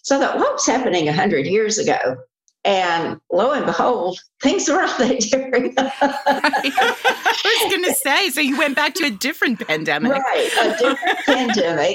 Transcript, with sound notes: So that what was happening 100 years ago, and lo and behold, things aren't that different. (laughter)
I was going to say, so you went back to a different pandemic.
Right, a different pandemic.